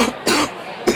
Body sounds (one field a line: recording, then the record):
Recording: coughing mixed with background sound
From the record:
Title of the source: 61 morning phlegmy cough...again